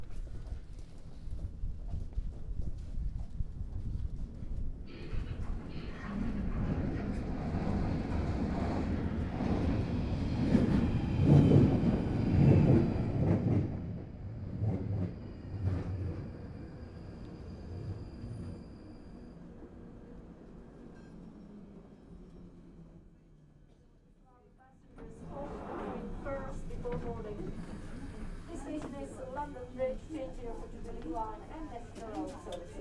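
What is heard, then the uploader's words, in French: Heels clatter through London Bridge station corridors over a low rumble that swells mid-clip, fades near 23 seconds, then returns with voices. Sortie des bureaux, concert de talons dans les couloirs de la station "London Bridge".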